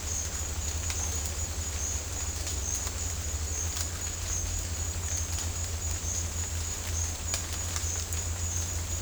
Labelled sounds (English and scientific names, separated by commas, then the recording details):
none
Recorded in dense forest near Puerto Asís, Putumayo, Colombia, on 21 December 2024 at 10:30
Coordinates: 0.466, -76.327
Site G075